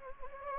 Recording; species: mosquito wingbeat signal from an infrared sensor; Anopheles gambiae